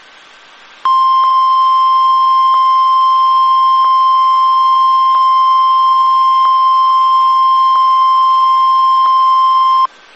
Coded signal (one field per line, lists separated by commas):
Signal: Emergency Alert System (SAME) tones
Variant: 1050 Hz attention tone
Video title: EAS - WWG75's Required Weekly Test in Maui, HI.